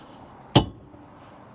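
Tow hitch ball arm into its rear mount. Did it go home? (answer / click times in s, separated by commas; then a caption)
yes / 0.6 s. The semi-automatic deployable tow hitch ball arm on a Ford Capri Extended Range AWD is raised by hand into its rear mount. It locks into its mounted position with one sharp metallic clunk at 0.6 s, over a quiet background. The arm is seated and locked, and the LED light stops flickering.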